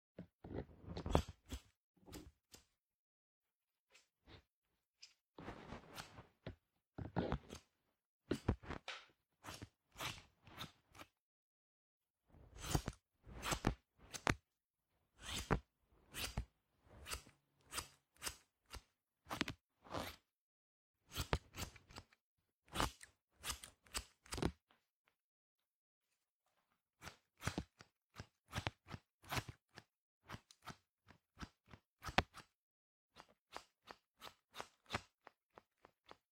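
A playful ear haircut, with crisp scissor snips cutting in quick clusters of sharp, bright clicks. The snipping comes in bursts of several cuts at a time, broken by short silent pauses around 4, 12 and 25 seconds, with soft rustling between some cuts.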